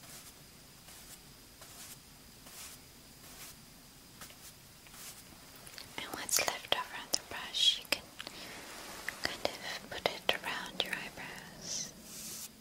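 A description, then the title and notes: Slow makeup and brushing sounds: the first six seconds are hushed, with faint soft ticks and light strokes. After that the brushing grows busier and crisper, with sharp little clicks and airy swishes scattered irregularly over a quiet low hum. Slow & Tingly Makeup, Brushing, Face Touch. Layered sounds.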